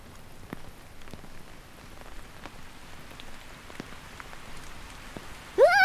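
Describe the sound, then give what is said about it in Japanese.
Steady, heavy rain that has suddenly grown stronger patters on surfaces in a dense hiss, punctuated by scattered sharper drops, with a brief louder burst of a higher tone right at the end. “やばい、雨強くなってきた。”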